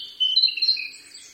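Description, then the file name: Narcissus flycatcher song: a short burst of sweet whistled notes sliding between pitches, trailing off into softer high twitters. "kibitaki"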